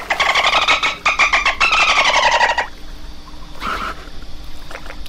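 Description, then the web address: Dolphin burst-pulse calls: buzzy, rapidly pulsed bursts in three quick runs, then a pause and a shorter burst, with faint clicks afterward. "cave dolphin"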